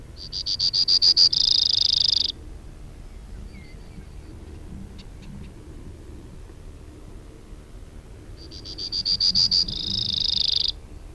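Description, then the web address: Brewer's sparrow songs at start and end: a series of high notes breaking into a rapid, insect-like trill, with quiet in between. "Brewer's Sparrow Audio B--LNSCourse Cassette"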